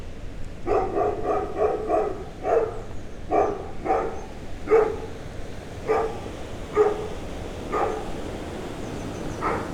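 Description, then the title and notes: Dog barking, a fast cluster of barks at the start, then more spaced barks. Dog barking during a walk to the Moulin Banal mill, Rue des Comtes de Robiano 4, Braine-le-Château, Belgium; recorded with Lom mikroUsi microphones in AB position into a Sony PCM-M10. "Rue des Comtes de Robiano 4, 1440 Braine-le-Château, Belgique - Moulin Banal and dog. Walking to the mill, a dog barks. Marche vers le moulin banal, un chien aboie"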